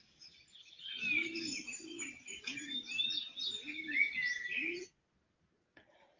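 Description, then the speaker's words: Birds chirping together in a busy tangle of high twitters and trills, with a soft repeated dove-like coo beneath, ending abruptly in near silence. Several birds chirping together. "Here's a clip of birds chirping."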